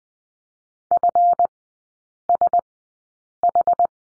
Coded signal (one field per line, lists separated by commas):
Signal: Morse code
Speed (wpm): 20 wpm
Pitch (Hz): 700 Hz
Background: none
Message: FSH